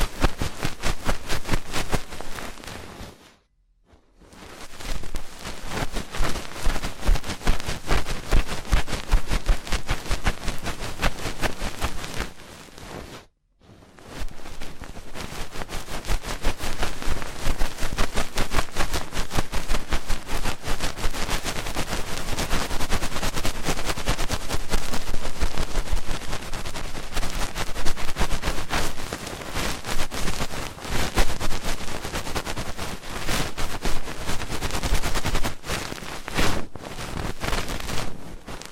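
Fast, intense ear cleaning: a dense, rapid crackle of scratching and rubbing that fills everything from low thumps to bright hiss. It runs almost nonstop, breaking into near silence twice, around 4 and 13 seconds, before resuming just as busy.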